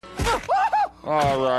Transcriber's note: gruesome flesh hacking sounds in background. Hermes screaming